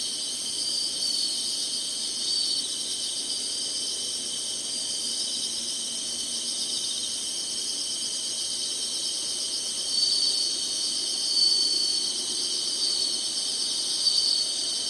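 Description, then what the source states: Insect chorus of steady, layered high-pitched buzzing, with a few brief sharp notes toward the end. Summer.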